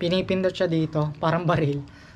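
A rotating plastic camera mount head is handled in its base while a man talks. The release is pressed and the head is turned, but nothing has seated or clicked yet.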